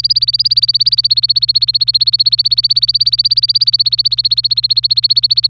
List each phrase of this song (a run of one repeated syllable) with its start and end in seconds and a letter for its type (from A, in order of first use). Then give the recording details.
0.00-5.47 A. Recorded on 25 April 2018 at 18:18. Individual llb3